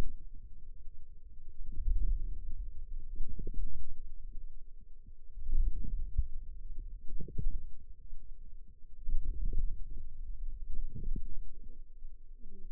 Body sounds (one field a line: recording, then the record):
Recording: forearm muscle sounds (acoustic myography)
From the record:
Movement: wrist flexion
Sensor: system 2, bracelet of six BSWA MPA416 microphones around the upper forearm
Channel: 2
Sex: female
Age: 21 years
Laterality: right